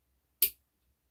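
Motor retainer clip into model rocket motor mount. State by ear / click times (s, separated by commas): seated / 0.4 s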